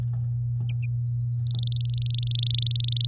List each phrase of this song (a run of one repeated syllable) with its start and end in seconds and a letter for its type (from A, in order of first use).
1.43-3.07 A